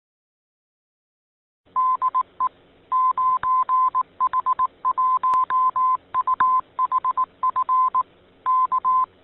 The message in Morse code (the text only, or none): DE 9H1UHF K